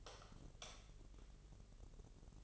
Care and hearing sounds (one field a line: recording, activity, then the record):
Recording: daily activity, microphone in the room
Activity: light off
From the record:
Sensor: 4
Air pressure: 996.1 hPa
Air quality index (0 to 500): 63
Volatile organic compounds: 2 ppm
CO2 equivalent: 1131 ppm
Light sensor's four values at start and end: 17/45/17/18 and 15/33/13/13